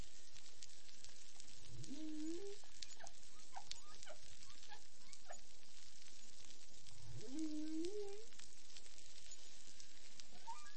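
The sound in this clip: Whale song: two deep rising upsweeps with harmonics, one near two seconds and another near seven, with faint short chirps above.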